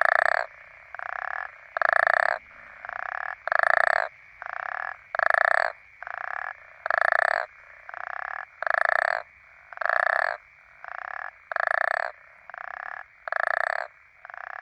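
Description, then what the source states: African common toads calling in a steady chorus, rough pulsed snores alternating between a strong and a fainter voice. Several African common toads calling.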